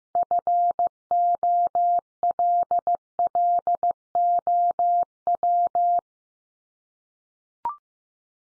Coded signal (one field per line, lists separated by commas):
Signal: Morse code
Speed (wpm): 15 wpm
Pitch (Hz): 700 Hz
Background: none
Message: FOLLOW